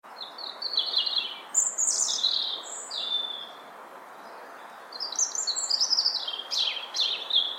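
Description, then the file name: European robin singing a long run of high, tinkling phrases, sliding whistles and quick scratchy flourishes, pausing briefly midway before another bright burst; faint hiss behind. "Erithacus rubecula"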